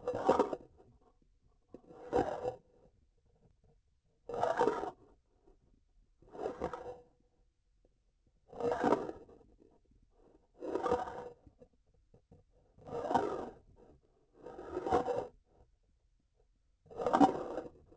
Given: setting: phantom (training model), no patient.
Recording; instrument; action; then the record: laparoscopic instrument, vibration sensor on the handle end; grasping forceps; approaching and retracting movements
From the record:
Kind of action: spatial motion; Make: Olympus